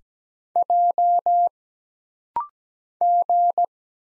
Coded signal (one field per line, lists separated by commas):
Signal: Morse code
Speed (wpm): 17 wpm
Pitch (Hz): 700 Hz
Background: none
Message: J G